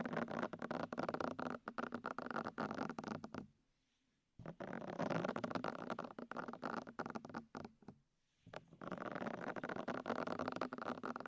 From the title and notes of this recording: ASMR Intense Ear Massage. (No Talking).